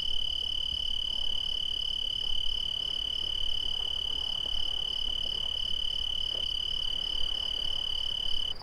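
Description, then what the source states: Crickets giving an unbroken high ringing trill for nearly the whole span, a throbbing higher trill layered on top, with faint low-pitched background noise. Two crickets.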